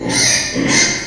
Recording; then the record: squeal of a Yucatan mini pig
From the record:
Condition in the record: before surgery on the right vocal fold (resection and tissue-engineered implant); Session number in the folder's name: 2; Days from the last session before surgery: 0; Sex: male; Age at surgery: 12 weeks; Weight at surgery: 13 kg